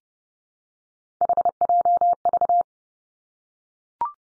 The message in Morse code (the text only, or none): HJV